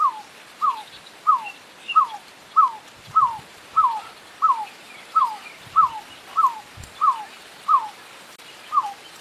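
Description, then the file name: Picui ground dove singing a long series of mellow, down-slurred whistles at an even pace, roughly three notes every two seconds, with faint low thumps in the background. "CANTO DA ROLINHA VAQUEIRA"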